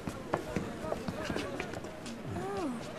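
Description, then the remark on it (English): A crowd of gnomes running and shouting: quick, overlapping footfalls patter steadily throughout while several voices yell and call out at varying pitches, some rising and falling in long cries, all at a fairly loud, busy level. “I've never seen the gnomes run like that. Or shout.”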